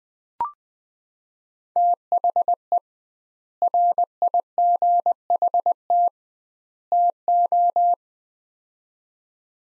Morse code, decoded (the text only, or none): THE RIGHT TO